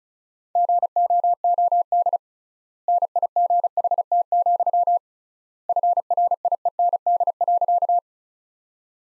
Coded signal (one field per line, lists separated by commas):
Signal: Morse code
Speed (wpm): 34 wpm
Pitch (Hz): 700 Hz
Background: none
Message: GOOD NIGHT, FRIEND.